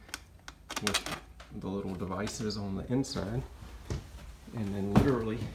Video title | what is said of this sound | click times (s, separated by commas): How to install can lighting, ceiling, LED, DIY homeowner project | then once those are connected this just gets inserted up through the hole and snaps into place with | 0.1 s, 0.5 s